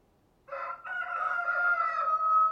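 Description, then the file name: Chicken crow: a rooster crows once, short first syllable then a long, steady, loud note continuing to the end. Rooster (adult male). "Rooster Crowing Sound"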